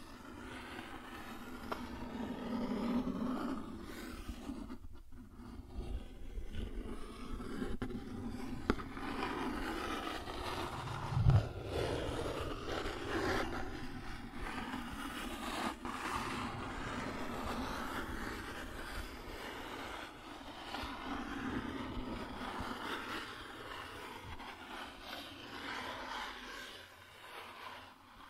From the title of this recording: Cardboard Scratching, Tracing, Tearing